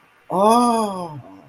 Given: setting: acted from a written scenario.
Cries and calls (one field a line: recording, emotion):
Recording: vocal sound without words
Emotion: realization